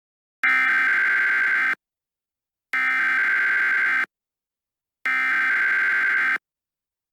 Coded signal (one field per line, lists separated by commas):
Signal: Emergency Alert System (SAME) tones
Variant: header bursts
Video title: EAS Scenario: SCP-409